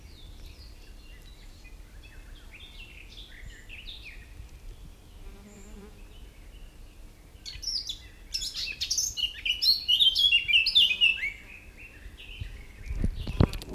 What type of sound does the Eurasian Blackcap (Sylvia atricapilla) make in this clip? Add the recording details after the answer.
song. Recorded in the wild. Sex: male. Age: adult. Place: Huywald, Huy, Sachsen-Anhalt, DE. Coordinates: 51.9486, 10.9519. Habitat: high forest. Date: 1971-07-11 12:45. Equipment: Uher 4200 Report-S, Tesla Verstärker, Sennheiser MD 421. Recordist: Tembrock, Günter